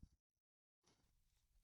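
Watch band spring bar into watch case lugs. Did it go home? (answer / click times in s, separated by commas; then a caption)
no / none. The spring bar of a leather watch band is pushed down and wiggled toward the holes in the metal watch lugs. A short low thump opens the clip, followed by near silence and then a steady low handling rustle, with a brief sharp tick at 1.7 s. Nothing has seated or clicked into place yet.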